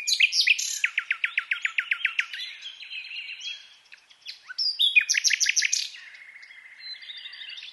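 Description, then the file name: Common nightingale song: a few loud notes, then a fast run of identical notes, varied chirps and trills, a burst of loud repeated notes, and a steady whistled phrase at the end. "Luscinia megarhynchos"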